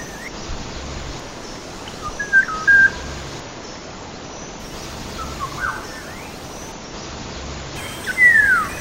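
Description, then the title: Black-naped Oriole with brief fluty whistles around two to three seconds, then a loud downward-sliding slurred note at the end, over soft background noise. Observed during birdwatching at Baiyangdian. "家住白洋淀——我的观鸟笔记 身披“黄金甲”——黑枕黄鹂"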